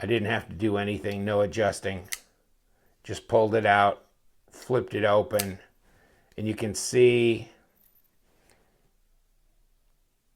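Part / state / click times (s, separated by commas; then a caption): knife blade into frame detent / not seated / none. Someone talks while handling a TwoJ 3502 titanium framelock flipper knife with an S35VN steel blade and anodized scales, working the blade toward its frame detent. The speech stops around 7.5 s, and the last few seconds are near-silent. Nothing has clicked into the detent yet.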